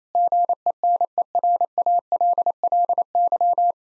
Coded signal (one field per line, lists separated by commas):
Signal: Morse code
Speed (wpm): 27 wpm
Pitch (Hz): 700 Hz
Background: none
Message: GENERALLY